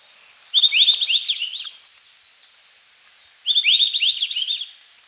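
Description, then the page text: White-browed bush robin singing two brief, high, rapid warbled phrases with downslurred notes, separated by a short silent gap. "White-Browed Bush Robin Song. Quick Sounds"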